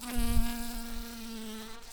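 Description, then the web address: Shrill carder bee buzzing, a steady droning hum with rich even overtones, a brief burst of low thumping near the start, then holding level to the end. Workers. "bumblebees Sylvarum-workers"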